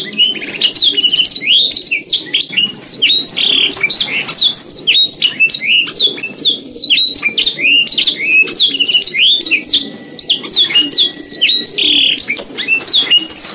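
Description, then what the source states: Canary song of dense, rapidly repeated high chirps and sweeping notes, nearly nonstop, with one brief pause near the end. Canary song in the 'isian' style, version 2.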